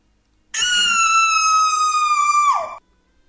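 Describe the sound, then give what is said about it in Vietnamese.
A woman lets out one long, shrill scream of fright, holding a steady high pitch for about two seconds before it breaks and falls off abruptly, with no other sounds. “Tiếng hét của Trang làm cho tôi giật mình không biết chuyện gì, mà em bỗng ôm chặt lấy tay tôi và nép sát vào người tôi.”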